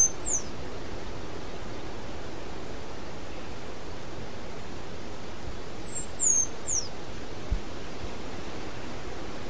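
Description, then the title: Half-collared sparrow song: a single high, thin, downslurred note at the start, then a quick burst of three or four falling whistles later, over constant heavy rumbling background. "LuckyPassaro Completos2Sama. Half-collared Sparrow (Arremon semitorquatus)"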